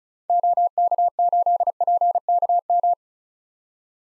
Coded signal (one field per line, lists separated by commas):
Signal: Morse code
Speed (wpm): 36 wpm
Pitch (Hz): 700 Hz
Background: none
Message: OK8PKM